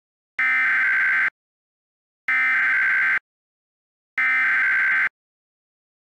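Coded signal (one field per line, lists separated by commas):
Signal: Emergency Alert System (SAME) tones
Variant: header bursts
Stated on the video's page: Fictional meme EAS scenario about bad drivers, using valid SAME tones.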